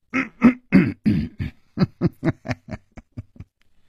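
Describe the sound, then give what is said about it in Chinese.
A voice imitates a shopkeeper's light, soft cough as a run of short, breathy bursts, about fifteen of them, starting stronger and gradually fading into faint huffs with no words. “这个时候，掌柜的忽然轻轻地咳嗽了一声。”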